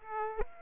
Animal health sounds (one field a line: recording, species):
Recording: mosquito wingbeat signal from an infrared sensor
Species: Aedes aegypti